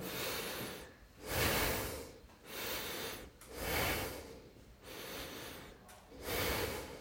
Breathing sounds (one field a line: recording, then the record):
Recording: deep breathing after running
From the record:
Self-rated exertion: moderate exertion (3 of 6)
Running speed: 8 miles an hour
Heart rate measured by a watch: 132 beats a minute at the start, 128 at the end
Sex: male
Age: 25 years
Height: 174 cm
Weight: 71 kg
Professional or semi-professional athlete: no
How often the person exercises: 3 to 5 times a week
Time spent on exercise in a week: 2 to 3 hours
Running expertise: no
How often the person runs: 1 to 2 times a week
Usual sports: running, swimming, badminton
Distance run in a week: 8 km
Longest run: 10 km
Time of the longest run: 48 minutes